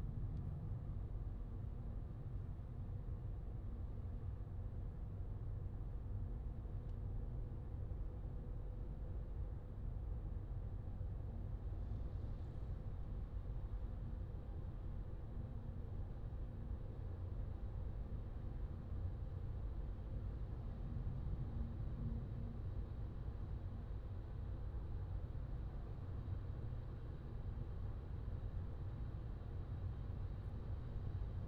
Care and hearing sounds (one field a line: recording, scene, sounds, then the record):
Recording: everyday scene through a hearing-aid microphone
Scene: in a vehicle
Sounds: engine, highway driving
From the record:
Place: Skoda Fabia, gasoline engine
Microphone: in the ear canal, left